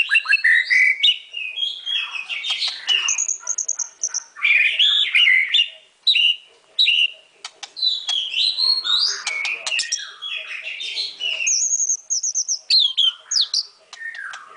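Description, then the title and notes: White-rumped shama song: high varied whistles, chatters and trills in quick succession, with a few brief pauses between phrases. Training song (masteran). "Murai Batu Album 01. Masteran Murai Batu"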